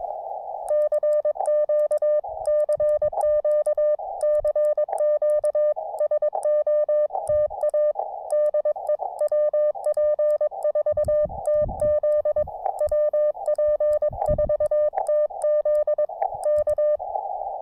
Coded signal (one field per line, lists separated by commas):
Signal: Morse code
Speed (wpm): 22 wpm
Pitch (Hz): 590 Hz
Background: none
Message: CQ CQ CQ SOTA DE WP4TZ WP4TZ K